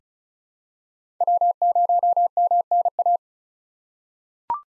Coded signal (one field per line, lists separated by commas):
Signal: Morse code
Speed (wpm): 36 wpm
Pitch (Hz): 700 Hz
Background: none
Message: W0MNA